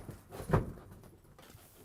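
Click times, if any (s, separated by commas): none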